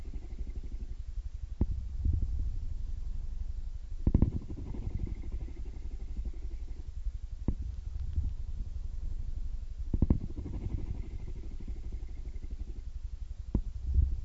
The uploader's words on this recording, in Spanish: Sonido de Ronroneo de Gato. Calmante ronroneo de gatitos. Tomamos el sonido lento de la frecuencia del ronroneo de un gato.